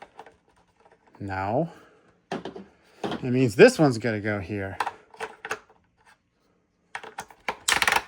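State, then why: Seated. A notched plastic articulated part is lined up by its notch and pressed into its matching hole on a Mattel Jurassic World Rebirth toy dinosaur. Someone talks over a few faint handling taps. The part pops into its socket with a sharp click at 7.5 s, followed by a quick burst of small clicks as it seats.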